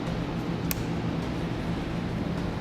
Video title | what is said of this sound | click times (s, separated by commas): etrailer - Installation: Curt Trailer Hitch Receiver on a 2013 BMW 3 Series | You just want to make sure that they lock into place and the connectors are secure. | 0.7 s